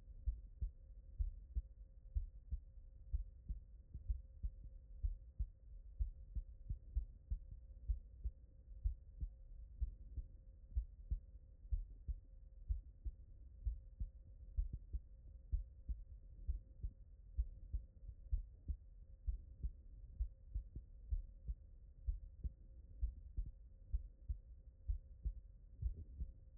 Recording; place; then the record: heart sounds by stethoscope; tricuspid valve (TV)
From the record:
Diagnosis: non-HFrEF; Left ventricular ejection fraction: 63%